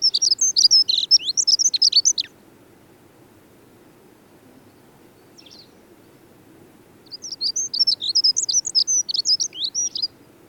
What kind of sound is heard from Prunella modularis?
song